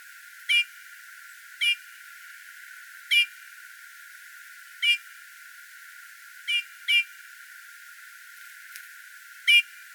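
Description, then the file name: Eurasian bullfinch giving soft, short piping whistles, seven single notes at irregular intervals of under half a second to about two and a half seconds, with a quiet background hiss. "Pyrrhula pyrrhula"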